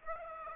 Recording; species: mosquito wingbeat signal from an infrared sensor; Aedes aegypti